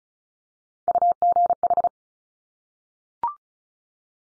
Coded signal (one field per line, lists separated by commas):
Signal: Morse code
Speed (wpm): 36 wpm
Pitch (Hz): 700 Hz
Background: none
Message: UGH